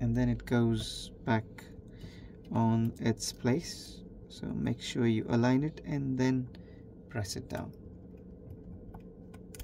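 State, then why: Seated. Someone talks while the display flex cable connector of an iPhone 11 is lined up over its socket on the logic board and pressed down by fingertip. After the talking stops, a few faint ticks follow, and a sharp click at 9.6 s marks the connector snapping into place, seated.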